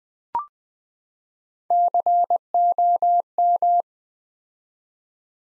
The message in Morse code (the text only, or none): COM